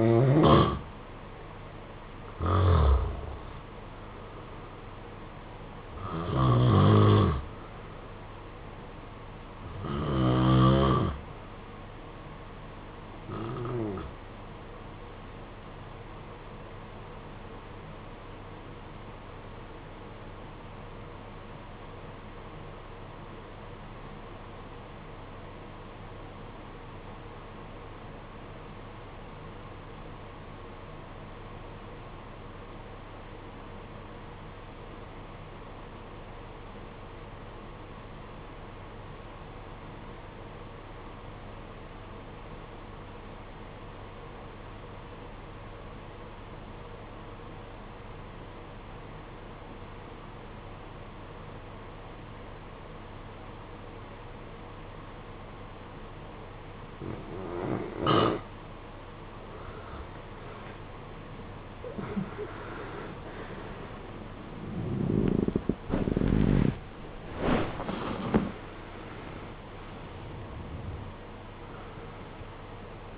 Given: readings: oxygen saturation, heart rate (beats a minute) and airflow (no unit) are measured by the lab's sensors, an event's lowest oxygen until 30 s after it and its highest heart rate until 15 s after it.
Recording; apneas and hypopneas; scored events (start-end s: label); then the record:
breathing in sleep by a voice recorder at the bedside; 1
5.00-65.00 s: new sleep stage, REM sleep
15.00-59.80 s: obstructive apnea (REM, oxygen 94% highest, then 75% lowest, heart rate 62 at the start, 95 highest)
65.00-73.18 s: new sleep stage, N1 (lightest sleep)
From the record:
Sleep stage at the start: N1 (lightest sleep); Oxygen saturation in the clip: 77 to 94%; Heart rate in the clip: 52 to 95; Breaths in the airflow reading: 8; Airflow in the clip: -15.4 to 18.1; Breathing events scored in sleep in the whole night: 476 in 9.7 hours asleep